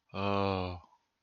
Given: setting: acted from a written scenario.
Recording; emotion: vocal sound without words; contempt